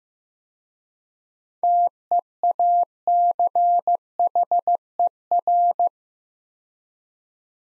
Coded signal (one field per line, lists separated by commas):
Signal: Morse code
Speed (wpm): 15 wpm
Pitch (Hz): 700 Hz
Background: none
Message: TEACHER